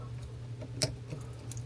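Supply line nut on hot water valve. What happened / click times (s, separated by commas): The nut's thread dropped into place with a click / 0.8 s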